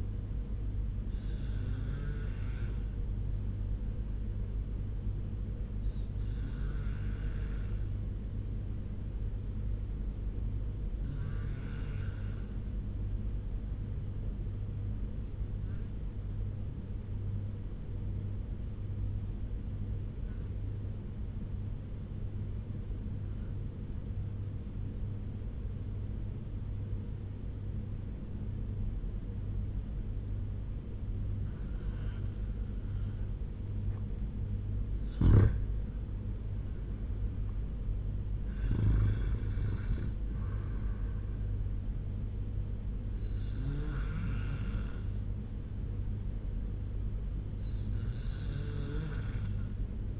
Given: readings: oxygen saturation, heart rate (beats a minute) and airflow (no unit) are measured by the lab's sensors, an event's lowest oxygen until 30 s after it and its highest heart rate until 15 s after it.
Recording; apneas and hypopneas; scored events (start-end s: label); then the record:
breathing in sleep by a smartphone at the bedside; 1
3.00-36.40 s: obstructive apnea (REM, oxygen 97% highest, then 90% lowest, heart rate 79 at the start, 91 highest)
From the record:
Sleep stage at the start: REM sleep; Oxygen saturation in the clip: 87 to 97%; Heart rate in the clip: 74 to 91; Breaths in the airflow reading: 4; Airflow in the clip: -6.5 to 6.5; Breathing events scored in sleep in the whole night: 201 in 6.5 hours asleep